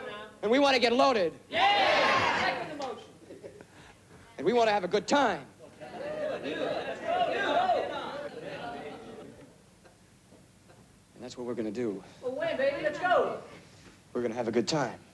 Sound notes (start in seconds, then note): 1.5 cheering; 5.9 cheering